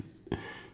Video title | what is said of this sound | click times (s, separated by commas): Lewote 3 in 1 Apple Device Charging Dock, ( 2018 ). | the lightning port there, and that just snaps back in. | 0.3 s